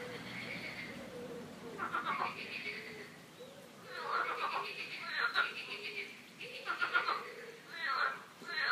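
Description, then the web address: Frogs making rattling, laugh-like pulsed croaks in repeated bursts, with fainter low tonal sounds underneath between the calls. Several frogs croaking, described as quacking, in a park. "coincoin des grenouilles dans le parc"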